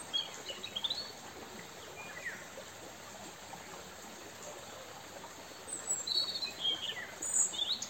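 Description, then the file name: European robin with high, thin sliding notes at the start and a longer twittering run near the end, over continuous background hiss. "Erithacus rubecula"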